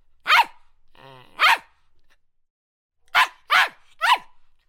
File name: poodle Dog